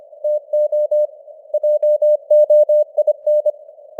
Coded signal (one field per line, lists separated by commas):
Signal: Morse code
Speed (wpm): 25 wpm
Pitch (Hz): 600 Hz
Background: none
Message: TO JOIN